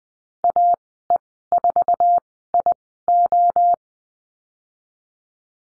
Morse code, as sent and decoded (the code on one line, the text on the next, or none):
.- . ....- .. ---
AE4IO